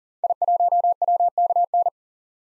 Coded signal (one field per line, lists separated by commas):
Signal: Morse code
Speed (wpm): 37 wpm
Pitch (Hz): 700 Hz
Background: none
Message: I1WKN